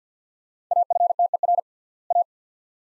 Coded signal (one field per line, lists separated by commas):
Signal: Morse code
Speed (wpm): 50 wpm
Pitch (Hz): 700 Hz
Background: none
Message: AFTER A